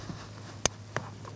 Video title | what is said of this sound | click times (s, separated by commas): How to Replace Downstream O2 Sensor 2002-2006 Toyota Camry 2.4L L4 | Make sure you hear that click. | 0.7 s